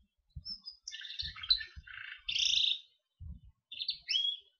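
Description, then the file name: Gloster canary singing quieter, broken phrases: short buzzy bursts, a harsh rattling note, and brief whistled slurs separated by gaps, with soft low thuds. "canary gloster sings"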